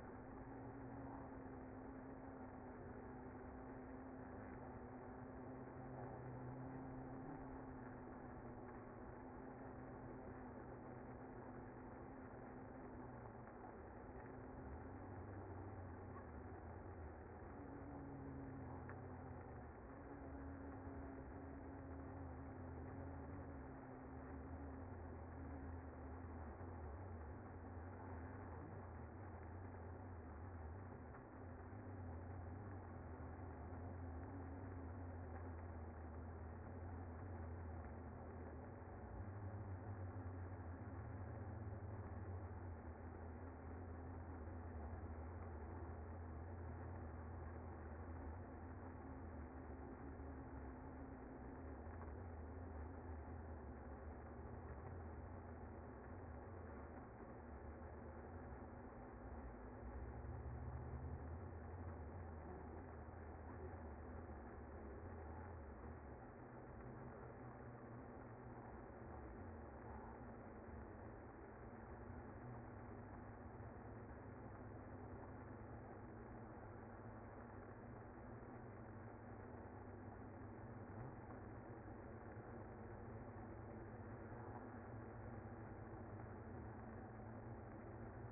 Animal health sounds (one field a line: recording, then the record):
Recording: honeybee colony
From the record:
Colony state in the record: active